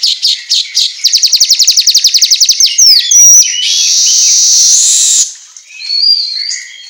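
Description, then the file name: Asian golden weaver song: scattered high chips running into a rapid rattling trill, followed by squeaky slurred notes and a long, harsh, sizzling wheeze before thin whistles. Manyar kepala emas singing energetically (auto gacor). "Suara Kicau Manyar Kepala Emas Auto Gacor"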